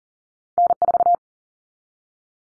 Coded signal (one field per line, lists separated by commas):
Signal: Morse code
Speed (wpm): 40 wpm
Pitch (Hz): 700 Hz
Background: none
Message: N4